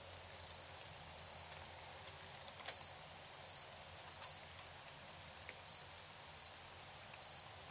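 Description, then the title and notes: Cricket chirping in short high pulsed bursts at uneven intervals, with a longer pause midway and light background noise. Recorded in Tiny, Ontario, by Anton Pickard. "Crickets and coyotes. Recorded in Tiny, Ontario by Anton Pickard"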